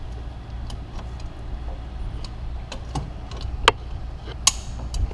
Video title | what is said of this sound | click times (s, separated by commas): 2009 Toyota Corolla 1.8 water pump replacement | hear it click now | 3.7 s